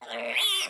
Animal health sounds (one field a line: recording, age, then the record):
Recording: pig call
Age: piglet (1 to 25 days)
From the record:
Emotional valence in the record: negative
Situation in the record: restrain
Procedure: in the arms of a person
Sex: male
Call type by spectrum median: high-frequency call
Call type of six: mixed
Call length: 0.69 s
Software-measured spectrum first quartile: 2224 Hz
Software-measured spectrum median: 3195 Hz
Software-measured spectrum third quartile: 4187 Hz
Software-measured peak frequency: 3439 Hz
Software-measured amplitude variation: 100 dB a second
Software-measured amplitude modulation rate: 21.0 a second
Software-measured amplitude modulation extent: 4.8 dB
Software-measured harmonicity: 5.9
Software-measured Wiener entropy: -2.04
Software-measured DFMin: 930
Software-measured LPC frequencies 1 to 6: 668, 1407, 2289, 2818, 3399, 4824 Hz